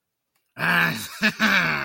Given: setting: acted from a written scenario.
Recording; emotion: vocal sound without words; anger